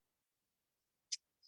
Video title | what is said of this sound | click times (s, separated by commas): How to Deal With Food Allergies with School Age Children: #healthylifestyle #foodie #lifestyle | it has to have that click and it should look like this when it comes out and there should be a needle right here | 1.1 s